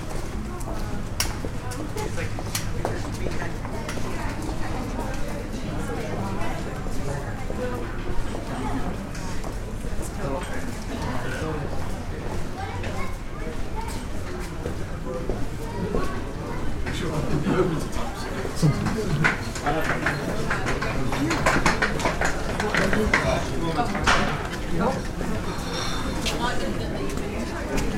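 A walk through the city of York, with a steady crowd of overlapping voices, scattered footsteps and clatters, and a low hum underneath.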